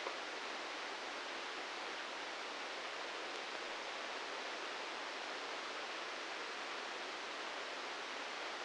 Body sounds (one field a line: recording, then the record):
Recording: brain microelectrode recording played as sound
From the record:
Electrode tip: inside the subthalamic nucleus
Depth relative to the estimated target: -6 mm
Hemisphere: left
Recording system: NeuroSet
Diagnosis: Parkinson's disease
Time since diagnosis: 13 years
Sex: male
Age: 66 years